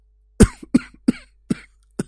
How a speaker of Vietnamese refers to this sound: Tiếng ho khụ khụ tới gần. Một người đàn ông độ tuổi ngũ tuần từ cửa bước ra.